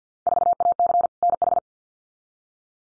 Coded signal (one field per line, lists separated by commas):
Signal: Morse code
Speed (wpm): 50 wpm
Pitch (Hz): 700 Hz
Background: none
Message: 4AC NH